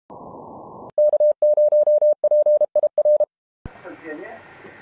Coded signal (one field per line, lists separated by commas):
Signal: Morse code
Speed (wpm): 32 wpm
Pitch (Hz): 600 Hz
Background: speech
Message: K0PIR